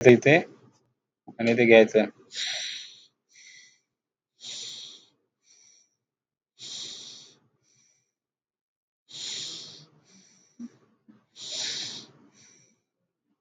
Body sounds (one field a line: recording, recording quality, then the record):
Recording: shallow breathing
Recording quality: excellent, no background noise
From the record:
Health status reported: healthy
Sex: male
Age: 31 years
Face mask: not worn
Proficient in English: yes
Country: India